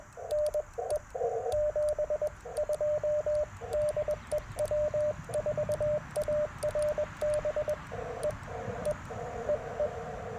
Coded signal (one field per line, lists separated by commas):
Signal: Morse code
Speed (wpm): 21 wpm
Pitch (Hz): 600 Hz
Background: radio noise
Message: NE 72 DE W4ARB E E EE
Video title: Morning Morse Code - 07/03/2024